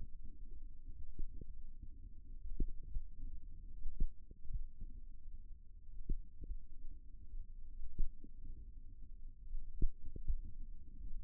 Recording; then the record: forearm muscle sounds (acoustic myography)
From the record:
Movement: finger pinch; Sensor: system 1, eight BSWA MPA416 microphones around the upper forearm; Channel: 8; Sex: female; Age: 21 years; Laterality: right